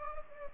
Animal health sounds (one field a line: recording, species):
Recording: mosquito wingbeat signal from an infrared sensor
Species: Anopheles gambiae